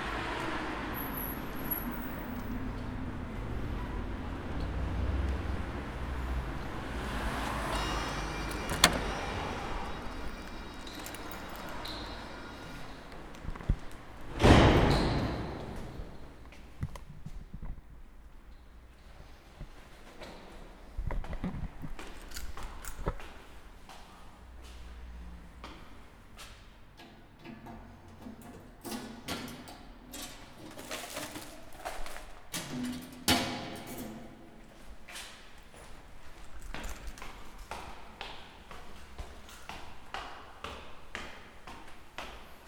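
A walk from a park toward a city street in Ljubljana, with traffic rumbling steadily underneath. A car swells and passes in the first ten seconds, and a sharp knock or thud lands around fifteen seconds. Scattered clicks, footsteps and faint voices follow.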